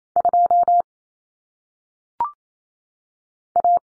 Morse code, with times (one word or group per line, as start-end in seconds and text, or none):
0.2-0.8 2
3.6-3.8 A